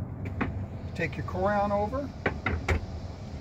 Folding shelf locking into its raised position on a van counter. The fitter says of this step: locks into place